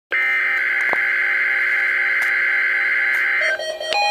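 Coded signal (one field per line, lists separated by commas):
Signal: Emergency Alert System (SAME) tones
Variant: header bursts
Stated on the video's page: NOAA Weather Radio required weekly test from the New York City transmitter, issued by the National Weather Service in Upton, NY.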